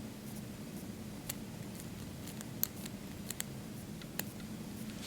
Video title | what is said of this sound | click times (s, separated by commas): How to Adjust the Tension on the 3 Most Common Pivot Screws on Beauty Shears | see if you can hear it click | 1.3 s, 2.4 s, 2.6 s, 3.3 s, 3.4 s, 4.2 s